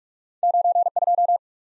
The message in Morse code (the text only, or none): 9 2